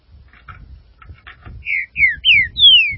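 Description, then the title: Green-winged saltator song, a phrase of four loud whistled notes, each sliding downward, after scattered soft clicks, over faint low rumble. "Trinca Ferro"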